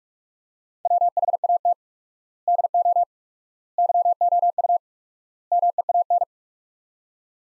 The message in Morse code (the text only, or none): WHAT DO YOU MEAN